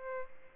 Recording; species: mosquito wingbeat signal from an infrared sensor; Aedes albopictus